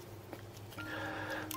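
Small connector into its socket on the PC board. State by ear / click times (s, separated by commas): seated / 1.5 s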